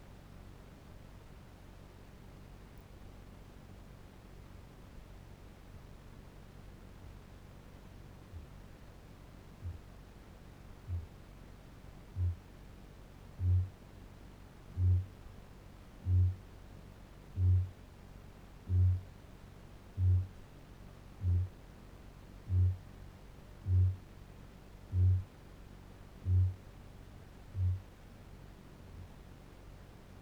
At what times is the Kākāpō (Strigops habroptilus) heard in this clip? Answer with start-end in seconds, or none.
6.85-11.23, 12.02-12.52, 13.19-28.10